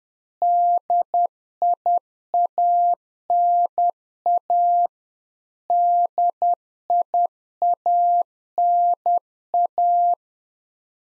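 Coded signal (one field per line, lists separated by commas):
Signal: Morse code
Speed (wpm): 10 wpm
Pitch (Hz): 700 Hz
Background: none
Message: DIANA DIANA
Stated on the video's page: Practice QSO drill at 10wpm, beginning segment with RST, QTH and name; each segment sent in Morse, spoken, then sent again.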